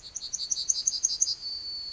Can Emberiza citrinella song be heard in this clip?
yes